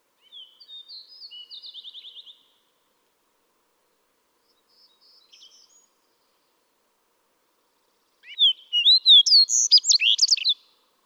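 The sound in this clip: Fox Sparrow song: a buzzy trilled phrase, a faint short burst, then a loud rich phrase of slurred whistled notes near the end.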